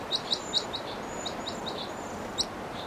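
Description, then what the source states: Crossbill calls: a series of short, sharp chip notes from two birds calling together, over a steady background hiss. Two marked wild birds calling together, one of them louder than the other.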